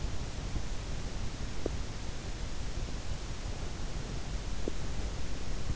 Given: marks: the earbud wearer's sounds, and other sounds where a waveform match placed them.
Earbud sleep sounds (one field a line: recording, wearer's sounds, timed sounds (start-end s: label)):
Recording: sounds in sleep by an in-ear microphone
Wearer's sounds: teeth grinding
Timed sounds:
1.49-2.08 s: teeth grinding
4.48-5.00 s: teeth grinding